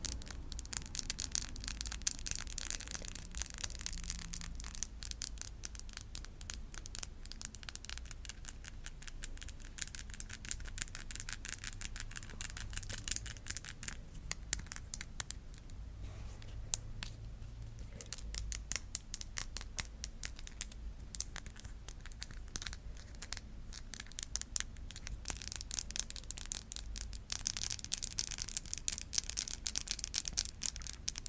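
Tapping on glasses, teeth, nails, cheek and collarbone, with no talking. Quick, crisp clicks and taps come in dense, uneven bursts throughout, bright and sharp, with short pauses around 16 and 20 seconds. A soft low hum sits underneath.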